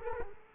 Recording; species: mosquito wingbeat signal from an infrared sensor; Culex quinquefasciatus